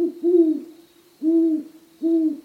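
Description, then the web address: Great Horned Owl hooting: a doubled opening note, then two more low, muffled hoots. At a nest. "great horned owls nest ii"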